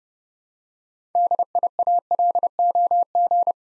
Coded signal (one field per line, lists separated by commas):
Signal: Morse code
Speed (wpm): 30 wpm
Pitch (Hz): 700 Hz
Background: none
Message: DIALOG